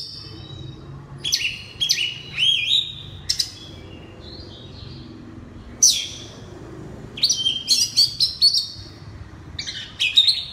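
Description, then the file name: Oriental magpie-robin giving varied high whistled phrases and sharp chips in groups, with several quiet gaps between bursts. Loud 'ngeplong' song style of the kacer. "suara kacer ngeplong keras"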